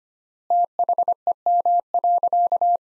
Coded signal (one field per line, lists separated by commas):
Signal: Morse code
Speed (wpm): 25 wpm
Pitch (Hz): 700 Hz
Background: none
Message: THEM.